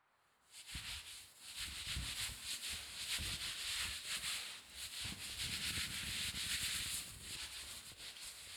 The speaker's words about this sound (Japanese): はーい、おしまいです。タオルで拭くからそのまま動かないでね。